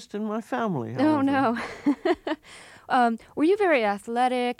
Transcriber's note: soundbite of laughter